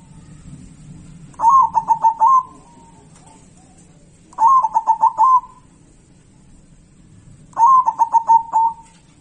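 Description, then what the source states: Zebra dove song: three bursts of rapid, rolling, staccato cooing notes around one second long, repeated about every three seconds. Song of a local zebra dove.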